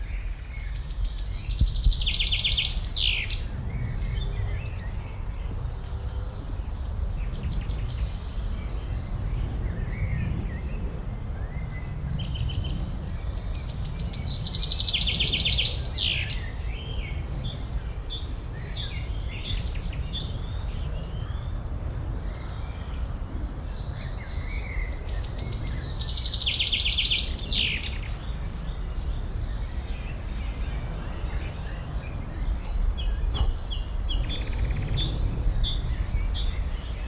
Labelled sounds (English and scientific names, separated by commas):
Common Chaffinch (Fringilla coelebs)